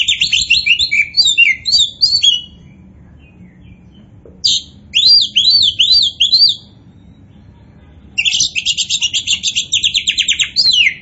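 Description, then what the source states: Oriental magpie-robin delivering varied whistled phrases, a second burst of sweeping notes, then a fast rhythmic chattering trill lasting about three seconds. Kacer poci type of Oriental magpie-robin, described as gacor (singing vigorously and continuously).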